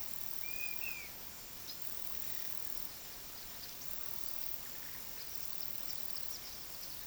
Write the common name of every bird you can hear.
Yellow-crowned Tyrannulet, Thick-billed Euphonia